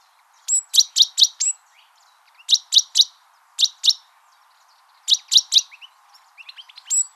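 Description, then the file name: Great tit with rapid runs of sharp high notes, a few preceded by a brief whistled note, then softer twittering at the end. "Parus major"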